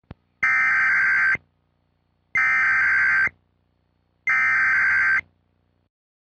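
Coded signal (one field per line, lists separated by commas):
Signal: Emergency Alert System (SAME) tones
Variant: header bursts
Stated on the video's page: Mock EAS alert, not a real broadcast.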